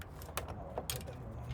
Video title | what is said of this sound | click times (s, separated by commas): 2020 BMW 330i rear brake pads- buy your pads click link below | New one in. Make sure it clicks. It clicks. You're gonna see it click in the tab. | 0.4 s, 0.9 s